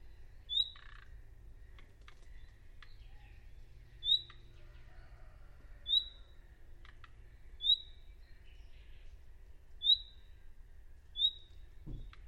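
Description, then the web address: Bird calls: six short, high chirps at irregular intervals, with faint clicks and a low steady rumble underneath. "cianscape birddata Deverinetal 2025 File origin Bird Only"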